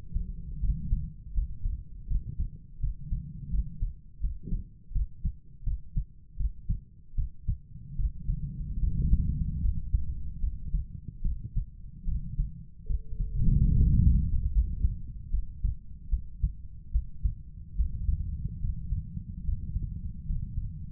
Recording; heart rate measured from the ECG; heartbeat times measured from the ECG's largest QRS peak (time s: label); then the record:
heart sounds by stethoscope; 76 bpm
0.59 s: heartbeat
1.33 s: heartbeat
2.07 s: heartbeat
2.79 s: heartbeat
3.49 s: heartbeat
4.20 s: heartbeat
4.91 s: heartbeat
5.63 s: heartbeat
6.36 s: heartbeat
7.14 s: heartbeat
7.95 s: heartbeat
8.79 s: heartbeat
9.60 s: heartbeat
10.39 s: heartbeat
11.21 s: heartbeat
12.04 s: heartbeat
12.86 s: heartbeat
13.73 s: heartbeat
14.51 s: heartbeat
15.29 s: heartbeat
16.08 s: heartbeat
16.90 s: heartbeat
17.75 s: heartbeat
18.59 s: heartbeat
19.43 s: heartbeat
20.25 s: heartbeat
From the record:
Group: healthy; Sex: female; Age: 32 years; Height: 172 cm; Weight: 71.7 kg